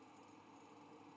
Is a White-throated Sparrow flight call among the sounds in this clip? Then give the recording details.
no. No flight call is heard. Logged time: 03:24 on 5 December 2014